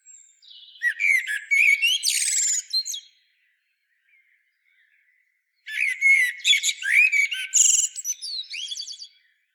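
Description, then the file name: Common blackbird singing two strophes, each a whistled warble breaking into scratchy high-pitched twittering, with a quiet gap between them. "Turdus merula"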